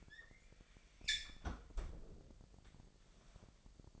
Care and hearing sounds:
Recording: daily activity, microphone in the room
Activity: close fridge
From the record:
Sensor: 5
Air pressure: 1002.1 hPa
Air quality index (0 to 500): 217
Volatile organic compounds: 24 ppm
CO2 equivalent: 2824 ppm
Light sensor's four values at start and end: 10/24/10/11 and 9/22/9/10

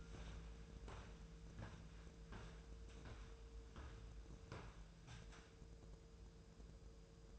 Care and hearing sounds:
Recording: daily activity, microphone in the room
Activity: walk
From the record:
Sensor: 2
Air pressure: 1005.3 hPa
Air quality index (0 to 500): 100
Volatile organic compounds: 2 ppm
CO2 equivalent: 1212 ppm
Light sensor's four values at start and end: 8/20/8/8 and 8/20/8/8

